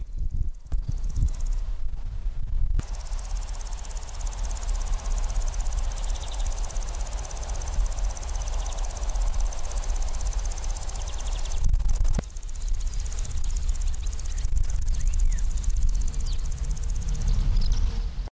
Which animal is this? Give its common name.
Common Green Grasshopper